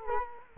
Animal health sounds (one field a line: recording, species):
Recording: mosquito wingbeat signal from an infrared sensor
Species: Culex quinquefasciatus